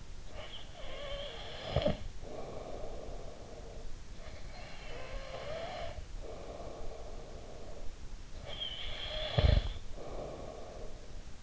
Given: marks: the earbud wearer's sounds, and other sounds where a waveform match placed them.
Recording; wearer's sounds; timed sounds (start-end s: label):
sounds in sleep by an in-ear microphone; breath
0.00-11.43 s: breath